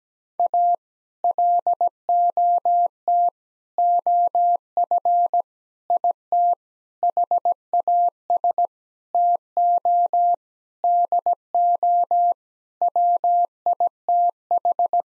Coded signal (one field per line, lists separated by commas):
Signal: Morse code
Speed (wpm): 17 wpm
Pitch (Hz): 700 Hz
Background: none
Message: A LOT OF IT HAS TO DO WITH